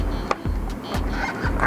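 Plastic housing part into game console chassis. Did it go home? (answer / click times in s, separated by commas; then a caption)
yes / 0.3 s. A plastic housing part is pressed back into the chassis of an Xbox One X game console during reassembly after an IC Graphite thermal pad has been fitted. A single sharp snap lands at 0.3 s over a steady background hum. The part snaps back in and is seated.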